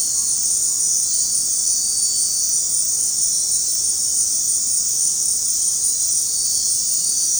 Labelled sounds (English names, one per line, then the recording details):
none
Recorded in dense forest near Puerto Asís, Putumayo, Colombia, on 21 February 2024 at 19:30
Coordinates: 0.503, -76.322
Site G6418